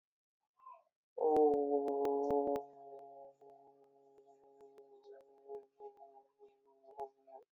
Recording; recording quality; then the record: sustained vowel as in boot; moderate, slight background noise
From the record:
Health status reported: healthy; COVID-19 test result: negative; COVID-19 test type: RT-PCR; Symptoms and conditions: cold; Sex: male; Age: 29 years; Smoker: no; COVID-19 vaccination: one dose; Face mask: not worn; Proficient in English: yes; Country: India